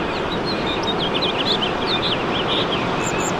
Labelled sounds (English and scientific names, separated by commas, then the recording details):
House Finch (Haemorhous mexicanus) song
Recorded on Long Island, New York, on 21 March 2012
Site FL
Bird D